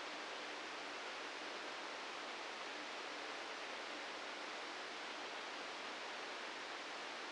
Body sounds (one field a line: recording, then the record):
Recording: brain microelectrode recording played as sound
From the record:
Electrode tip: outside the subthalamic nucleus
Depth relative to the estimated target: 2 mm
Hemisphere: right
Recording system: NeuroSet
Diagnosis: Parkinson's disease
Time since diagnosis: 9 years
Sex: male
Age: 61 years